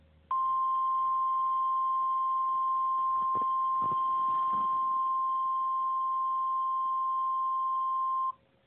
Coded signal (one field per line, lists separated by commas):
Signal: Emergency Alert System (SAME) tones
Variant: 1050 Hz attention tone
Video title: EAS Scenario- Supervillain Catastrophe part 1: Trouble in Los Angeles (Read Description)